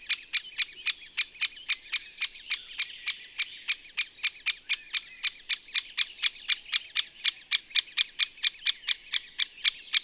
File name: pic epeiche